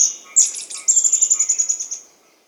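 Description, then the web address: Roraiman flycatcher song: a thin high note, a brief burst, then a rapid series of many sharp, high chips that fade at the end. Andean bird of South America. "Natures Songs S America Andean Birds. Roraiman Flycatcher (Myiophobus Roraimae)"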